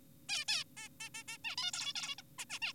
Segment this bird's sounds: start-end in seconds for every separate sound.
0.29-0.45, 0.48-0.64, 0.77-0.89, 1.00-1.09, 1.15-1.24, 1.28-1.38, 1.45-1.56, 1.57-1.72, 1.74-1.93, 1.96-2.15, 2.18-2.22, 2.39-2.45, 2.50-2.59, 2.62-2.73